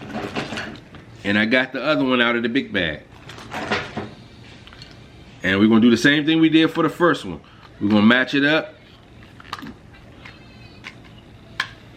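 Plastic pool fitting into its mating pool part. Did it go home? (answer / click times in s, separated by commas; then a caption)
yes / 11.6 s. A plastic fitting for an Intex Easy Set above-ground pool is lined up with its mating plastic pool part and pressed down, ready for the screws to go in. Someone talks while soft handling taps and knocks are heard. The part snaps into place with a sharp click at 11.6 s.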